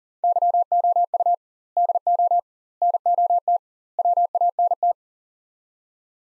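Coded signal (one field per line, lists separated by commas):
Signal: Morse code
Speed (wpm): 40 wpm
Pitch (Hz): 700 Hz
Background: none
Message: YOU DO NOT WANT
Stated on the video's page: Morse practice at 40 wpm: sets of four words with double word spacing, a word-level Farnsworth-style drill for head-copying.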